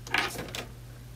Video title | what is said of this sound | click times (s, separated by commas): WRMK FOIL QUILL in CAMEO 4 | I'm gonna take this one and I'm just gonna pop it down in here till it clicks just like that | 0.2 s